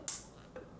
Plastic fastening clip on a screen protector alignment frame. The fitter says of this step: and it snaps into place.